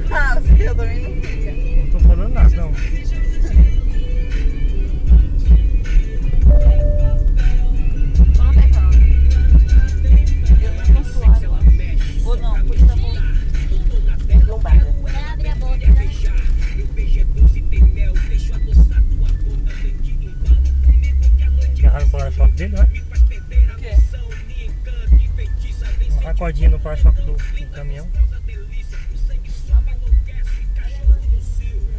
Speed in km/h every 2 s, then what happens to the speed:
56, 50, 48, 44, 38, 36, 33, 32, 31, 27, 19, 13, 12, 11, 11, 10.
0-22 slows to 13. 22-32 steady at about 11.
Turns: none.